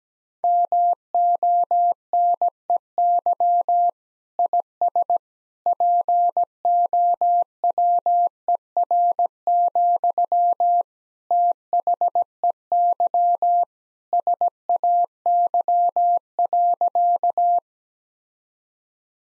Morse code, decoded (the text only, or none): MONEY IS POWER, THEY SAY.